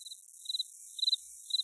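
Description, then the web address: Cricket chirping: short high pulsed trills repeated about every half second, steady and even, over a constant high hiss. "amb cricket"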